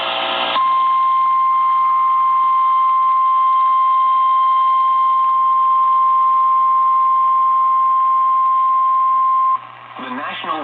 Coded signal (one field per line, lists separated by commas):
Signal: Emergency Alert System (SAME) tones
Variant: 1050 Hz attention tone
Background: speech